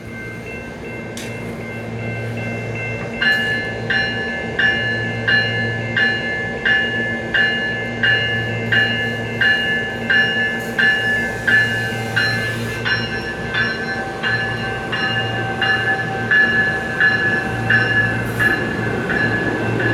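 A Silverliner V train departing 40th & Colorado, with a low steady rumble and, from about three seconds, regular bright pulsing tones quickening as it pulls away.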